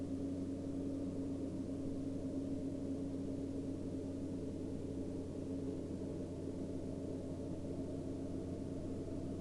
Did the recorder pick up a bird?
no